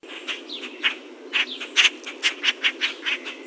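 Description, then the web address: Common grackle calls: a quick, irregular run of several short, harsh chack notes. "steve pelikan cogr"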